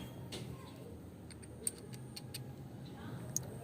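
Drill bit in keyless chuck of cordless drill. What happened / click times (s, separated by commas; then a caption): Keyless drill chuck ratchets and locks / 1.7 s, 1.9 s, 2.2 s, 2.4 s, 3.4 s. A drill bit is hand-tightened in the keyless chuck of a TANZU TZ-Z-80 MT-21V brushless cordless drill, producing sharp ratcheting clicks at 1.7, 1.9, 2.2, 2.4 and 3.4 seconds over a low background hum. The clicks show the chuck has ratcheted and locked, seating the bit.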